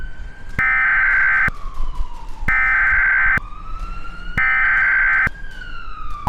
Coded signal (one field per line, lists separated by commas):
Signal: Emergency Alert System (SAME) tones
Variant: header bursts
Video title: On the Loose (An EAS Scenario)